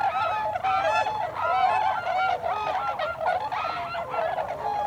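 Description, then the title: Tundra swans calling, clear nasal hoots rising and falling, repeated irregularly within a constant flock chorus. Several tundra swans, recorded on 26 December 2020. "2020-12-26-Tundra-Swans"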